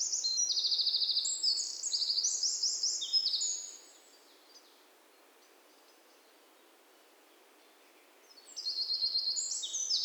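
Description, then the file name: Eurasian wren song: a vigorous high trilling phrase of four seconds, a long silent gap, then another rattling, shrill phrase starting near the end. "Troglodytes troglodytes"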